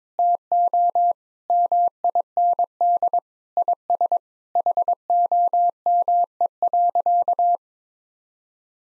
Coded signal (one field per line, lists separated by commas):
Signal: Morse code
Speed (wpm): 22 wpm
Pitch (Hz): 700 Hz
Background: none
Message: TO MIND IS HOME.